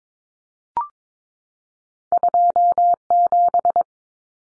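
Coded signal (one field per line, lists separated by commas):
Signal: Morse code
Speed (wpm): 22 wpm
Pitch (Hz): 700 Hz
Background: none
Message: 27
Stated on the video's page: Two-digit number copy drill at 22 wpm, each number sent in Morse twice.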